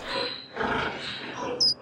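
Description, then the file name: Pig making rough, strained squeals and grunts in a few bursts, ending with a brief thin high sound. "cochon"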